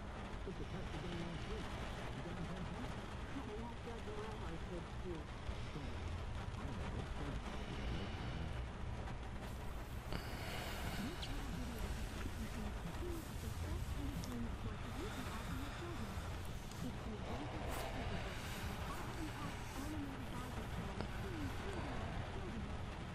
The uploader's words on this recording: Sleeping in eddie’s trailer on a rainy night whilst the tv is quietly on.